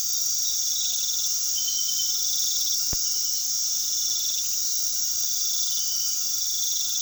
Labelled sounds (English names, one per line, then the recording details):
none
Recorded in pastures near Puerto Asís, Putumayo, Colombia, on 20 February 2024 at 22:00
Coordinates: 0.468, -76.328
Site G6414